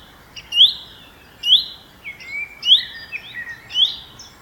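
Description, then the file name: Common chaffinch giving four bright, rising call notes, mixed with softer, lower drawn-out slurred notes against a steady faint hiss. "Fringilla coelebs"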